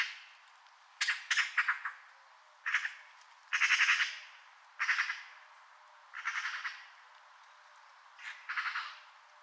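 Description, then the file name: Eurasian magpie chattering with loud, harsh rattles in short bursts of several notes, repeated at irregular intervals. "Pica pica"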